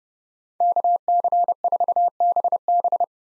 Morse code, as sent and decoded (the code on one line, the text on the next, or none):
-.- -.-. ....- -... -...
KC4BB